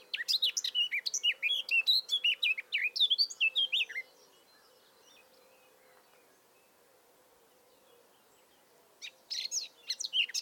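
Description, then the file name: Eurasian blackcap song: a dense warbled phrase of about four seconds, a long pause, then the singing starts again near the end. "Sylvia atricapilla"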